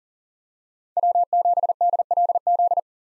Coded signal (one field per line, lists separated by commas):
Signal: Morse code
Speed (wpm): 38 wpm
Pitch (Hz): 700 Hz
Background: none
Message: W7DLZ